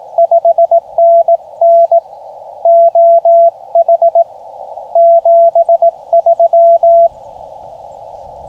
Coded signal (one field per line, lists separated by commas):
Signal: Morse code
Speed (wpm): 18 wpm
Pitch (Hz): 680 Hz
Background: radio noise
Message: 5NN OH 73